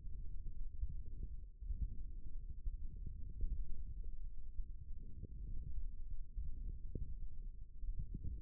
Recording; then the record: forearm muscle sounds (acoustic myography)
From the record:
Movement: forearm supination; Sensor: system 1, eight BSWA MPA416 microphones around the upper forearm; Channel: 2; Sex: male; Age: 18 years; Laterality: right